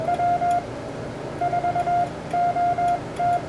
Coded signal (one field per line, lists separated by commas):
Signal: Morse code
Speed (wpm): 21 wpm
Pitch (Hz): 720 Hz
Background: none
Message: W4OT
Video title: W4OT Vero Beach Field Day Fun, 2019 Ham Radio Event